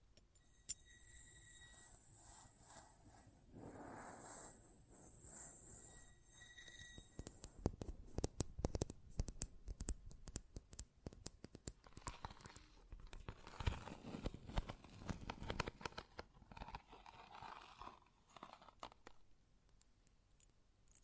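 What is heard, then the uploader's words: Close metallic sounds: a steady bright ringing hum for the first seven seconds, then dense irregular clicks, scrapes and clanks until the end. ASMR Close Up Metallic Sounds (No Talking).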